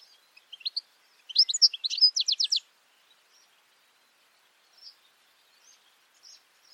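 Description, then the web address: Bird giving a short burst of high chirps and a quick trill, followed by faint scattered notes and near silence. "Deverinetal. Bird Only"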